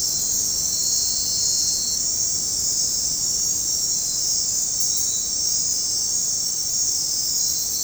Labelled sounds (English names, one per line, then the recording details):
none
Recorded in dense forest near Puerto Asís, Putumayo, Colombia, on 21 February 2024 at 00:30
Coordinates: 0.503, -76.322
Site G6418